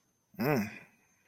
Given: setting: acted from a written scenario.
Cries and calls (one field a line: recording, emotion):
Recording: vocal sound without words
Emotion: desire